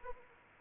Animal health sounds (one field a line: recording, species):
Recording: mosquito wingbeat signal from an infrared sensor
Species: Anopheles arabiensis